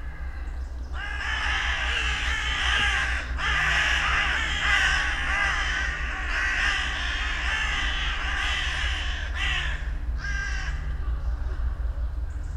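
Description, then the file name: Carrion Crow chorus of many grating, overlapping caws that go on for several seconds, then a short final burst, over a strong low hum. "Corvus corone"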